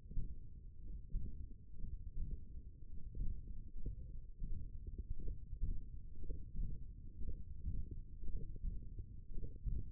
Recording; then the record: forearm muscle sounds (acoustic myography)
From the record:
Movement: index flexion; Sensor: system 1, eight BSWA MPA416 microphones around the upper forearm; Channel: 1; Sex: male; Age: 42 years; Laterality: right